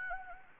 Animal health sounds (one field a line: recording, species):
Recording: mosquito wingbeat signal from an infrared sensor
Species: Anopheles gambiae